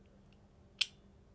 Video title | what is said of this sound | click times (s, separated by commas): How to Install the HCMDG Compensator & FAQ | So you're gonna wanna keep backing it off until that barrel hood clicks in | 0.8 s